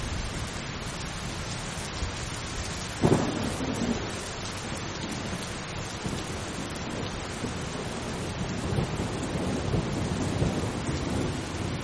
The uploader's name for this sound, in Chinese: 雷雨声：平静的雨